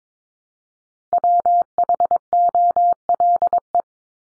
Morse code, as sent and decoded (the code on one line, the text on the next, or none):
.-- .... --- .-.. .
WHOLE